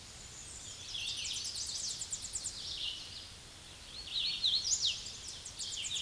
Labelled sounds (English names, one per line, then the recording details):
Hooded Warbler song
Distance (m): 25 m
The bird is about 15 m above the microphone
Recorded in a Pennsylvania forest on 16 May 2024 at 08:13
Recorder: AudioMoth, point MSD-2429
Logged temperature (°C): 16.7 °C
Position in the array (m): 101 m, 93 m